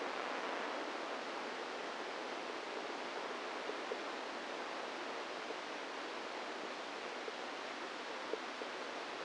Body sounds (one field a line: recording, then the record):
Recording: brain microelectrode recording played as sound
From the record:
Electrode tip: inside the subthalamic nucleus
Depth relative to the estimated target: 1 mm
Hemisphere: right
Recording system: NeuroSet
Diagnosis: Parkinson's disease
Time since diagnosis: 10 years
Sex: female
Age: 45 years